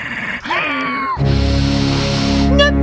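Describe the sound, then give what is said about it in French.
A cat lets out a long, menacing meow that bends up and then falls as it approaches cornered mice, followed by a loud, sustained low rumble that carries to the end. “Le chat s'approche, menaçant.”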